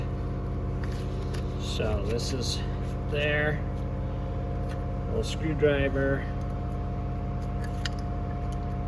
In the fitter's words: make sure it's in that Groove see how it just snapped in